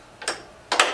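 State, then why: Seated. A lever on the gas-spring lift of a standing mobility device frame is moved into position, giving two softer clicks around 0.2 and 0.3 s. Two sharper, louder clicks follow at 0.7 s and 0.8 s as the lift lever locks into place.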